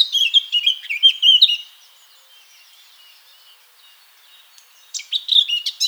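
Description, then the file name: Eurasian blackcap song: a quick, bright warbled phrase, a few seconds of near-silence, then another loud burst of varied notes. "Sylvia atricapilla"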